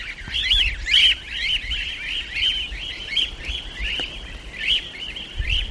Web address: corella nymphicus hollandicus